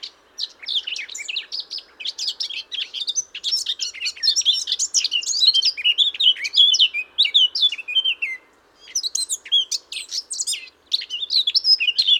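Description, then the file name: Eurasian blackcap song, a long, rapid, scratchy warble of varied chirps and whistles, running almost continuously with a brief pause near eight seconds. "Sylvia atricapilla"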